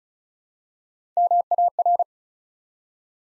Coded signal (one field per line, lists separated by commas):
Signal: Morse code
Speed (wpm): 36 wpm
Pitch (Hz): 700 Hz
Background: none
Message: MAR